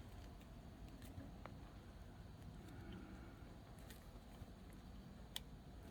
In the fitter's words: Alright, I heard a click.